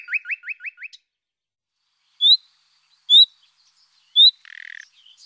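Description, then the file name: Common nightingale song: a quick series of five rising notes, then three separate high piercing whistles about a second apart, ending with a short buzzy rattle. "Rossignol"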